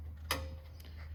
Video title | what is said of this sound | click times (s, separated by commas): Diesel Gladiator Buildup - Oracle taillights and MetalCloak rear bumper | and it just simply snaps into place and fits really nice and clean | 0.3 s